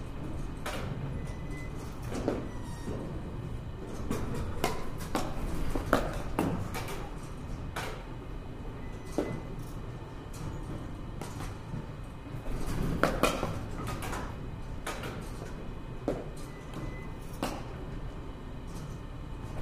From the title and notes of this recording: バッティングセンターの音です. Sound of batting cage.